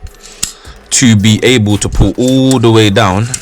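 The spring follower of a plastic magazine for an M33 by AirSport "Mini Uzi" airsoft spring machine gun replica is pulled all the way down until its catch locks it at the bottom, where it holds itself for loading BBs. Faint ticks come near 0.1 and 0.2 s, then a sharp click at 0.4 s as the follower latches and seats. Someone talks from about 0.9 s onward.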